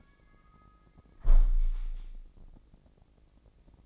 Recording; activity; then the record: daily activity, microphone in the room; close window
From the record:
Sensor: 5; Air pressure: 1012.4 hPa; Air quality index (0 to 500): 158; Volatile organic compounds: 2 ppm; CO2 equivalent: 1074 ppm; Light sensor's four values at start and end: 101/243/102/113 and 101/243/103/113